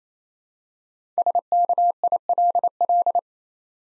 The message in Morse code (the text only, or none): SKILL